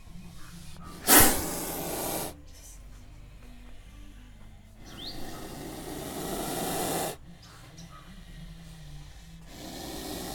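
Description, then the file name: Snake giving a sharp, loud hissing burst, then a longer, softer drawn-out hiss a few seconds later, with quiet gaps between. "Snarling Snake"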